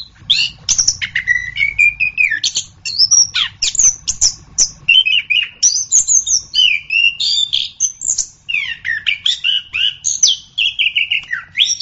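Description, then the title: Orange-headed thrush song of quick, jumbled phrases, warbled whistles rising and falling, with clicks and chips packed densely throughout. "anis kembang"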